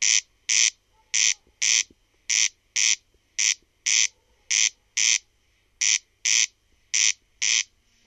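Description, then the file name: Corn crake giving dry, rasping double notes, crex-crex, each pair about a second apart and repeated steadily throughout in a quiet background. "RUISRAAKKA"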